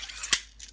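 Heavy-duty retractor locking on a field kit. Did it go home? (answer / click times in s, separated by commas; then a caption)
yes / 0.3 s. A T-Rain heavy-duty retractor on a field kit is worked and locks into place. A single sharp mechanical click sounds at 0.3 s over a low background hiss, followed by a fainter, softer tick around 0.6 s. The retractor is locked in place.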